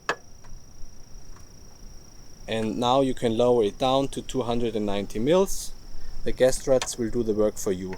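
The drop-down lock on a CLEARVIEW EasySlide fridge slide platform is released by hand, with one or both hands, so the platform can be lowered, giving a single sharp click at 0.1 s as it unlocks. Someone then talks over a steady high-pitched background tone.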